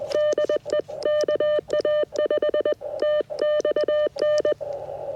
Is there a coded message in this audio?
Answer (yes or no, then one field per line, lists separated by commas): yes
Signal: Morse code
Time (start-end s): 0.1-4.5 s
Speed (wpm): 21 wpm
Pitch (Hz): 1800 Hz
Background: none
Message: DE KA5TXN